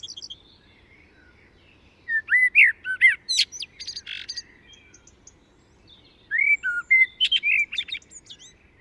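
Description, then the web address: Common blackbird singing two separate phrases of mellow warbled notes, each ending in thin, high twittering, with a pause of a few seconds between them. "SETE Turdus merula"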